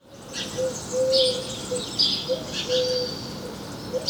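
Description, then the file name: House sparrow giving several chirping notes, alongside a low whistled tone that recurs several times over a noisy background. "Passer domesticus"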